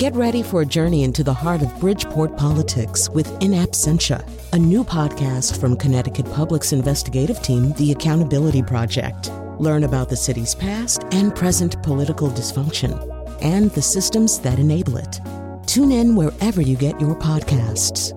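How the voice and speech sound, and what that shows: An adult man reads a short promotional announcement in a smooth, fluent, evenly paced voice with clear articulation and almost no pauses. Steady background music plays throughout. Ordinary typical speech.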